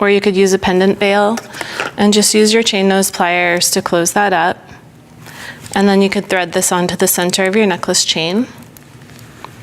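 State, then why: Not seated. Someone talks while handling a small metal jump ring on a beaded letter pendant, with chain nose pliers about to close its ends. A few faint taps and handling sounds come near the end, around 8.8, 9.1, 9.2 and 9.5 seconds. The ends have not yet clicked closed, so nothing has seated; that click is what shows the ends are together and will hold.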